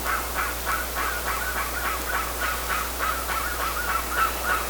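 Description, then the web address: Bird repeating a short, harsh note at a quick, fairly regular pace, roughly three or four per second, against constant background noise. "BIRD 2015 SABIOD 50 bird 2015"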